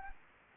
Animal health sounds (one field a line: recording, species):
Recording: mosquito wingbeat signal from an infrared sensor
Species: Anopheles arabiensis